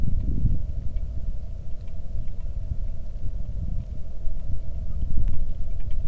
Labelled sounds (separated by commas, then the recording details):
wind, rain
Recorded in the Arctic National Wildlife Refuge, Alaska, on 3 August 2019 at 09:15
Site 46